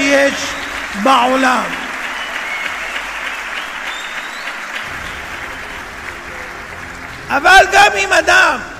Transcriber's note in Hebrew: מחיאות כפים